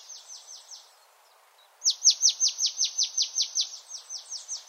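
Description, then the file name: Marsh Tit calling a soft series of high notes, a brief pause, then a loud rapid string of many downslurred chips. "Poecile palustris"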